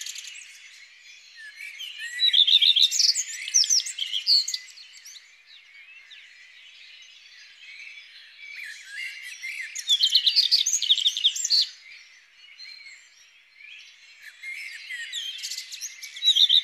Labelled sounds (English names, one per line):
Common Redstart song